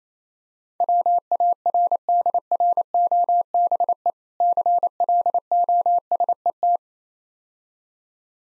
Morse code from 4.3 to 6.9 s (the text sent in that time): CLOSET